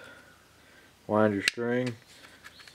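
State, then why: Not seated. Wound nylon trimmer line is handled at the plastic grommets of a Husqvarna 326LS trimmer head, ready to be snapped back in. Someone talks briefly, followed by faint handling ticks near 2.5 s and 2.7 s. The clip ends before the line goes home, and nothing has seated yet.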